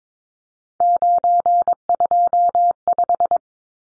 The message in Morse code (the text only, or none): 925